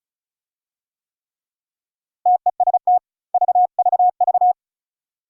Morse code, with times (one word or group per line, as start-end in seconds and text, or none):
2.3-3.0 TEST
3.3-4.5 VVV